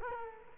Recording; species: mosquito wingbeat signal from an infrared sensor; Culex quinquefasciatus